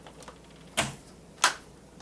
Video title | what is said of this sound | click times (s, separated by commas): New Shark Vacuum | like and so and you heard that audible click | 1.4 s